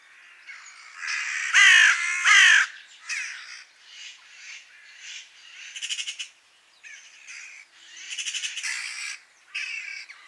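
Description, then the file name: Eurasian magpie giving harsh, scratchy squawks of varying loudness: a pair of louder strained notes early, then softer rattling, chattering phrases. "Pica pica"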